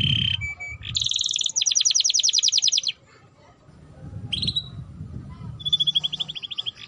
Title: Canto Para Esquentar Canário Belga. Suara Pancingan Kenari Gacor || Masteran Kenari Paud Agar Cepat Bunyi